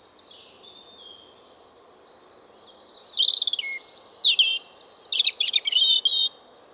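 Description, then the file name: European robin song, high sweet warbling phrases with liquid trills and twittering notes, growing louder in the second half over a steady low background hiss. "Erithacus rubecula"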